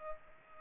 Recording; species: mosquito wingbeat signal from an infrared sensor; Aedes aegypti